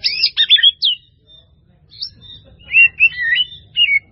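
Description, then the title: White-rumped Shama song, a quick burst of rich chirps and whistles, a pause, then sliding whistled notes. "murai batu"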